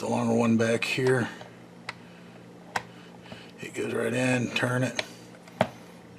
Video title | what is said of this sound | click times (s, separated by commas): How To Replace The Light Bulbs In Your Pontiac G6 Climate Control | it locks up I | 5.6 s